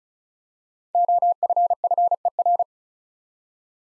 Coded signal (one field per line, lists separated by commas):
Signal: Morse code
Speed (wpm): 34 wpm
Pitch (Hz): 700 Hz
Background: none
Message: OFFER